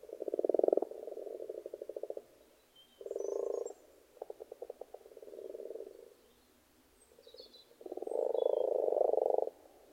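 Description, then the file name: Frogs croaking in separate rattling bouts with short pauses, loudest at the start and end. Frogs in a pond. "benboncan frogs-in-a-pond"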